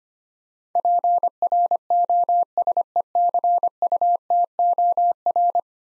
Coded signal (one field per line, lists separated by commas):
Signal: Morse code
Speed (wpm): 25 wpm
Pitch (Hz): 700 Hz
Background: none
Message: PROSECUTOR